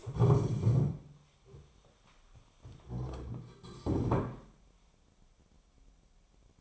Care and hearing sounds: daily activity, microphone in the room; stand up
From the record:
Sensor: 1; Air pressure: 1015.2 hPa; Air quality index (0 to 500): 162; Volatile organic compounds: 10 ppm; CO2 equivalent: 2250 ppm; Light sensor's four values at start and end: 12/30/12/14 and 10/23/10/11

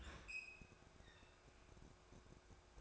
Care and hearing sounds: daily activity, microphone in the room; open fridge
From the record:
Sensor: 2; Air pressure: 1004.4 hPa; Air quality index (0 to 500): 185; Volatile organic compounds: 10 ppm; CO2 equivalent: 2220 ppm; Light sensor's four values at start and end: 4/10/4/4 and 4/10/4/4

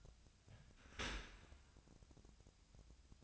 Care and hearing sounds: daily activity, microphone in the room; open dishwasher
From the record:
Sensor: 2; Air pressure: 1006.7 hPa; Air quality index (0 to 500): 200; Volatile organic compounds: 14 ppm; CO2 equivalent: 2448 ppm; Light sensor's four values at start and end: 9/21/9/9 and 9/21/9/9

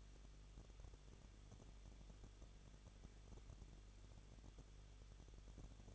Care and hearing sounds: daily activity, microphone in the room; no activity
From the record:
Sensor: 4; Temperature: 23.0 degrees Celsius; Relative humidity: 34.3%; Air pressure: 1007.2 hPa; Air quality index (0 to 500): 217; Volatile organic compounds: 15 ppm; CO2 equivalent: 2513 ppm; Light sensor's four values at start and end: 2/3/1/1 and 2/3/1/1

